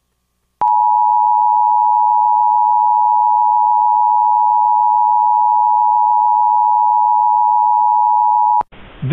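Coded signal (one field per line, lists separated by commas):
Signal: Emergency Alert System (SAME) tones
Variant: 853 and 960 Hz attention tone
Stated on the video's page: Mock test tornado warning using valid EAS tones.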